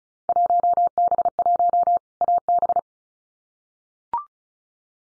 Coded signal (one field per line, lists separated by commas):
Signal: Morse code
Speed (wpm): 36 wpm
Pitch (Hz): 700 Hz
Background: none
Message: 1B1 AB